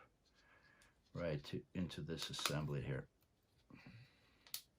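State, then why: Seated. Someone talks as a plywood wheel on a toothpick axle is pressed into the assembly of a Ugears Bike VM-02 mechanical model kit. A faint tick is followed by a sharp snap at 4.5 s, and the wheel is seated.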